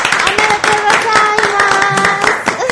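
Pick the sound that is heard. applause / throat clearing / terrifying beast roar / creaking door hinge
applause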